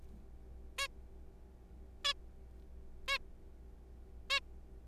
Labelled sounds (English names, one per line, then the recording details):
Zebra Finch
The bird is a juvenile
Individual R3428